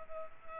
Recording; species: mosquito wingbeat signal from an infrared sensor; Culex quinquefasciatus